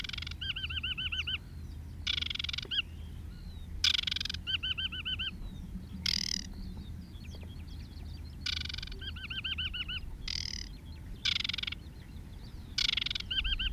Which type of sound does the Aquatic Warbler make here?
song